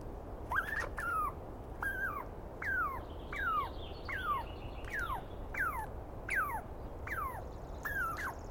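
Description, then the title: Douglas squirrel call: whining notes sliding downward, given a bit more than once a second. Douglas pine squirrel screaming at length at dawn, morning of 21 April 2017, East Cascades; identified by its sound, not seen well. "Interview With The Chipmunk"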